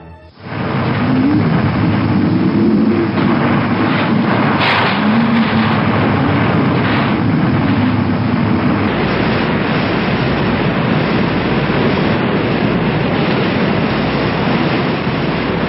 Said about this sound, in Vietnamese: Sóng gió cuốn lên, tựa như sông trời đổ ngược xuống nước, mặt biển sôi trào dữ dội. Giữa cơn bão tố ầm ầm, tàu chia ba trên mặt biển thoát cao thoát thấp, bị hết cơn sóng này đến cơn sóng khác quăng quật tựa như bón đồ chơi.